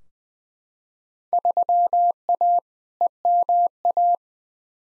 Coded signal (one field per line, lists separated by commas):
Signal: Morse code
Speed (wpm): 20 wpm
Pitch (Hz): 700 Hz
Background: none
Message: 3A EMA